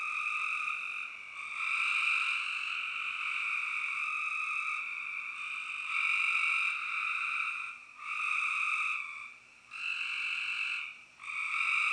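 Spring peepers in a dense, high-pitched calling chorus, a steady shrill wall of peeps that swells and dips with brief quieter gaps.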